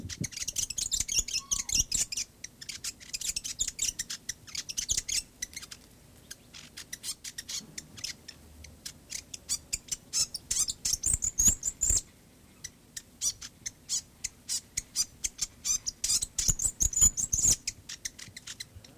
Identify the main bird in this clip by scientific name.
Rhipidura fuliginosa